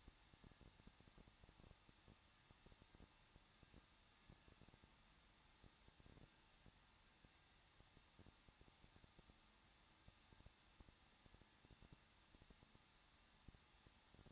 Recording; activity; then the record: daily activity, microphone in the room; no activity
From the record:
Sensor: 3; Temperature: 21.2 degrees Celsius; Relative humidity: 36.2%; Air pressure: 1006.4 hPa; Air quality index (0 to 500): 221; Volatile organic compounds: 40 ppm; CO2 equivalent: 3146 ppm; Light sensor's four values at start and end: 2/3/2/2 and 2/3/2/2